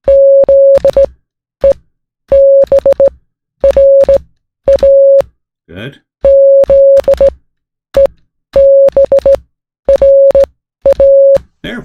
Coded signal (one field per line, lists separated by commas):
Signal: Morse code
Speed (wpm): 16 wpm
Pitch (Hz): 550 Hz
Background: speech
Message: ZEBRA ZEBRA